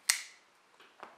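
The newer Kershaw Speedsafe assisted-opening folding knife is flipped open, and its steel blade locks into the handle lock with a sharp click at 0.1 s, followed by a softer tick near 1.0 s. The blade seats open, and this one is quiet and reserved compared with the other knife.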